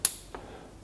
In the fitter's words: hat klick gemacht und jetzt ist das Ganze verbunden